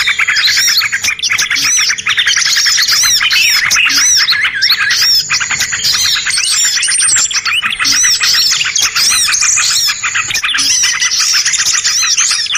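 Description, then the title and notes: Birds giving rapid, looping whistles and sharp chirps in a crowded, unbroken chorus, with arching notes repeated many times. Compilation of bird lure sounds used to attract stubborn birds that are hard to approach. "Suara Burung Bandel Yang Susah Mendekati. Kompilasi Suara Pikat Burung"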